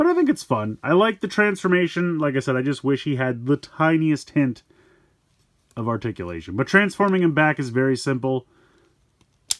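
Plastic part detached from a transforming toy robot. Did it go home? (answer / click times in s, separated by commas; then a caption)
released / 9.5 s. Someone talks at length about a plastic Unit Robo Shark transforming toy robot, then falls quiet. At the start of transforming the toy back, a plastic part is popped off, making a loud, sharp hit at 9.5 s that leaves the part released.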